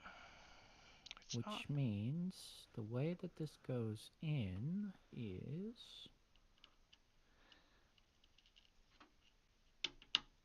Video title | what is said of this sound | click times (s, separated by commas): [PC Building] Hoping against hope I don't drop anything / 何も落とさないように！！！ | oh it went in there's a click oh you put it okay good yeah clicked good | 10.2 s